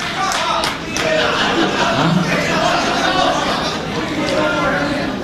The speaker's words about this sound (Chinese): 谢谢谢谢谢谢您的掌声鼓励，这么热情。